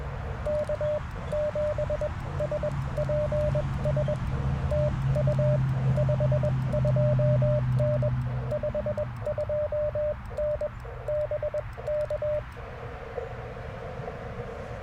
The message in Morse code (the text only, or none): K7SPS TU 52N 52N BK